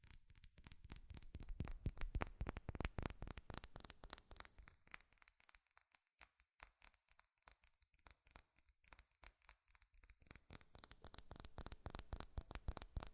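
Fast, furious tapping on metal, a rapid stream of sharp bright clicks that never lets up. The hits are densest and loudest in the first few seconds and again near the end, thinning into separate crisp taps with brief gaps in the middle stretch.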